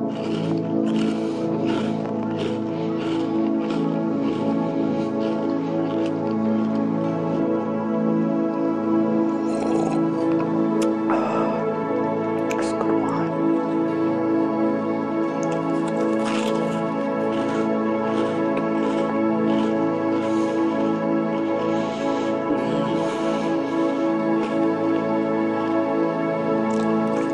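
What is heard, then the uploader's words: Someone eats crunchy snack rings, with short crisp crunches and clicks scattered irregularly across the whole stretch, some sharper bites near the middle. A steady, even hum with several layered tones sits underneath throughout, holding a constant level. ASMR - Eating Burger Rings.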